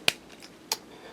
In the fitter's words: snaps right in like that